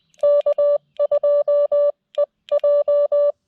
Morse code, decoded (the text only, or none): K2EJ